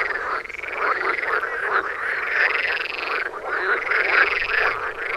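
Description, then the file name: Frogs calling in a busy chorus of overlapping trills and croaks, with arching notes recurring. "toms frogs for wilson"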